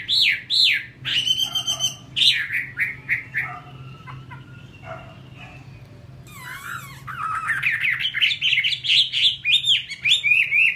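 Chinese hwamei song with loud looping whistles, a quieter middle stretch of softer notes, then a fast burst of varied slurred phrases; steady low hum throughout.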